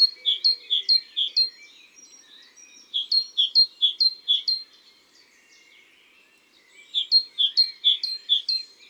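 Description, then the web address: Great tit song: high two-note phrases, each pair repeated about four times in a steady burst, three bursts separated by pauses, with a quiet background. "la mesange charbonniere. album cuicui-et-compagnie"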